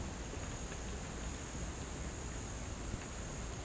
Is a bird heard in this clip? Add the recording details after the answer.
no. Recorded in pastures near Puerto Asís, Putumayo, Colombia, on 12 March 2025 at 07:30. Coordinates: 0.472, -76.329. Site G074